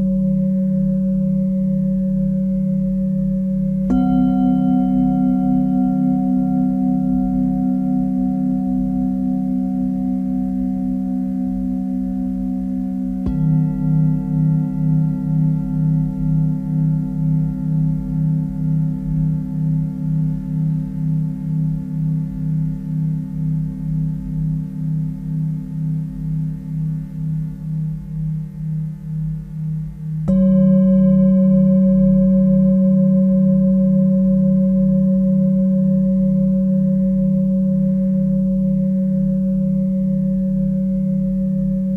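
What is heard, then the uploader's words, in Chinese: Singing bowls ring in long sustained low tones with a slow shimmering pulse, fresh strikes near 4, 13 and 30 seconds renewing the sound. 放鬆心情頌缽演奏。Singing bowls healing music。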